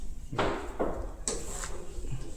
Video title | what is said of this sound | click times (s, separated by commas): CRIMPING RJ45 cat6 cable | cream झाल्याबरोबर कटकट आवाज येतो एकदम परफेक्ट तुम्हाला | 0.4 s, 1.3 s